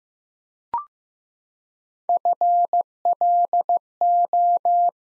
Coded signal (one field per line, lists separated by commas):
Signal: Morse code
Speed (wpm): 15 wpm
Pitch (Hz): 700 Hz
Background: none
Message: FLO